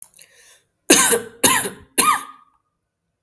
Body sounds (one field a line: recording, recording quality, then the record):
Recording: heavy voluntary cough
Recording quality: excellent, no background noise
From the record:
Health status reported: healthy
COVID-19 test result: not tested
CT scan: not taken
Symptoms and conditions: none ticked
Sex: male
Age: 21 years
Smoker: no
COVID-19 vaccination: both doses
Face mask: not worn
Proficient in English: yes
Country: India